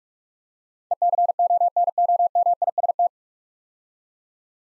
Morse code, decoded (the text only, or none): ECONOMIST